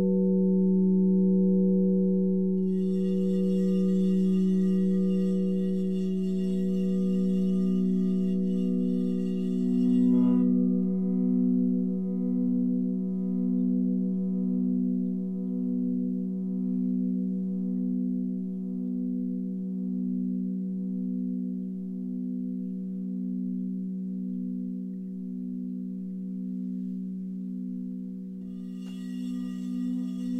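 Singing bowls ring in a steady, sustained drone, their low and middle tones pulsing in a slow, regular wobble throughout. A soft metallic strike lands near ten seconds, and a faint bright shimmer appears early on and again at the very end.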